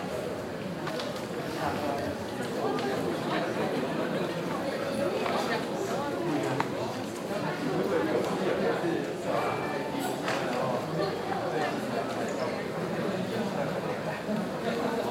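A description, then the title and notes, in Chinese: Steady crowd chatter fills an airport waiting lounge, many overlapping voices at a constant level, with occasional brighter clinks and bumps throughout. 星宇航空四週年紀念航班 JX8888 聲音全記錄。候機室的聲音。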